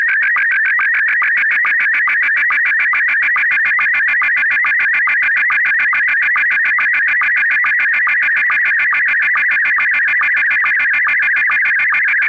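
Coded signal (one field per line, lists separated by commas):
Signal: SSTV (slow-scan television)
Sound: warbling whistle-like tone with rapid rhythmic ticking, steady throughout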